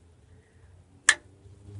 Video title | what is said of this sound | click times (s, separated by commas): 89 Cherokee Alternator and AC Bracket Install | this one just clicks back into place | 1.1 s